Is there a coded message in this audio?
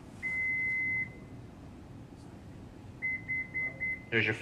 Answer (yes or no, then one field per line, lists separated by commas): no